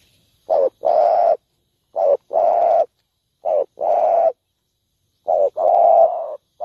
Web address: tieng cu dat gay. tieng dong vat